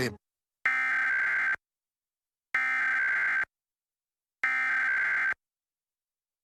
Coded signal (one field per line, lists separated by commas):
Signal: Emergency Alert System (SAME) tones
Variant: header bursts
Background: speech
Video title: Emergency Alert System Nationwide Test (October 4, 2023)